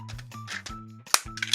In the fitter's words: then slide the torso in until you hear a click there's little notches here